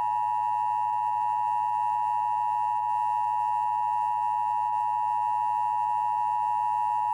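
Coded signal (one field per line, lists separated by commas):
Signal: Emergency Alert System (SAME) tones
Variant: 853 and 960 Hz attention tone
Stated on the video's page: Emergency Broadcast System activation for flash flooding in New Jersey, aired during a TV noon newscast.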